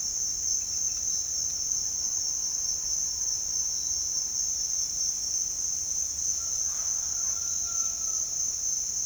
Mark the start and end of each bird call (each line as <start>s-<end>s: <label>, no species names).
6.38s-8.23s: bird call